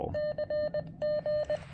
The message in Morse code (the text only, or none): CG